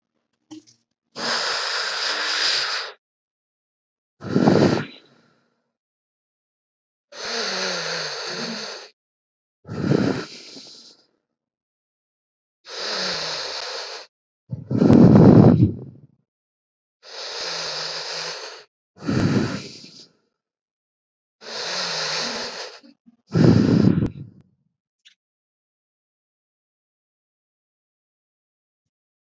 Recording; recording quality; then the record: deep breathing; excellent, no background noise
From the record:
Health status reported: healthy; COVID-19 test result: negative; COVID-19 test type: RT-PCR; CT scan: not taken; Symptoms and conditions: cold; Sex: male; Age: 28 years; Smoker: no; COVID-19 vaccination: none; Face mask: not worn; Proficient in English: yes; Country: India